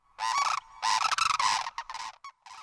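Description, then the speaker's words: Sandhill crane giving loud rolling, rattling bugles in two long bursts followed by shorter broken notes, harsh and trumpeting. Likened to a modern-day dinosaur; cranes visit Homer every spring to mate and nest. "sandhill crane looks and sounds like a modern-day dinosaur."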